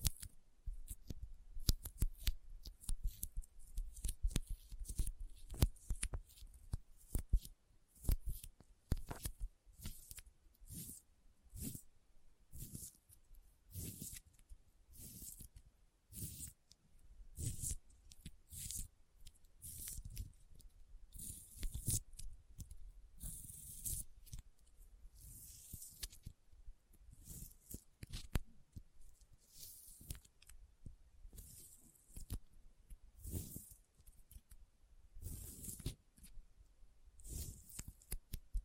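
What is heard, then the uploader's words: Sticky fingers peel and tap in a quick, irregular stream of sharp clicks and tacky snaps. The sounds come densely throughout, bright and crackly at the top with soft low thumps underneath, with a few short pauses between clusters. ASMR Intense Sticky Finger Sounds (No Talking).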